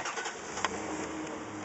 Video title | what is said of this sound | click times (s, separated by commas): Chevy Cav Dash Removal Part 1 | so this you hear that pop that's good in there a little uh | 0.6 s